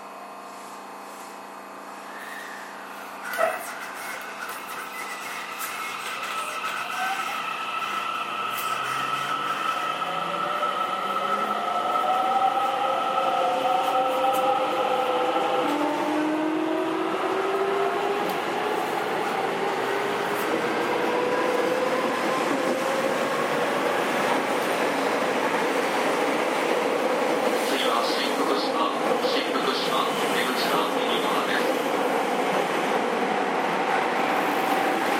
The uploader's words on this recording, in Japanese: JR207系 京橋〜宝塚。JR東西線、宝塚線の区間で録音しました。